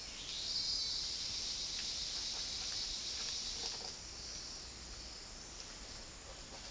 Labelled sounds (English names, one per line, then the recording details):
none
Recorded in dense forest near Puerto Asís, Putumayo, Colombia, on 19 February 2024 at 09:00
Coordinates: 0.481, -76.318
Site G6421